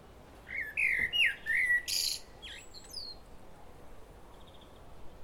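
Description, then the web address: Common blackbird song: a run of loud, mellow fluted whistles, then a rasping high burst and thin twittered notes, with quiet hiss after. "pub SETE data Turdus merula"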